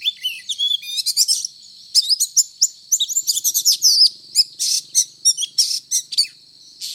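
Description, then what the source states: Oriental magpie-robin song, a fast medley of whistles, slurred notes and sharp chirps in bursts, over a steady high whining tone throughout. Indonesian name kacer; described as gacor, meaning singing vigorously and continuously.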